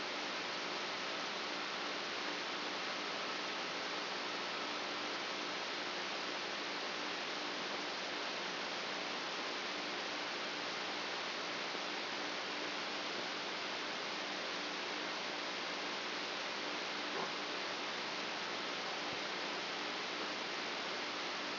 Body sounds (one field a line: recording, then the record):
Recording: brain microelectrode recording played as sound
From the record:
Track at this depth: outside the subthalamic nucleus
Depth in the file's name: 8.628 mm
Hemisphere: left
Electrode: 2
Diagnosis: Parkinson's disease